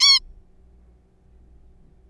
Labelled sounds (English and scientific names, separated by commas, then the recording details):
Zebra Finch (Taeniopygia guttata)
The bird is a juvenile
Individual R3428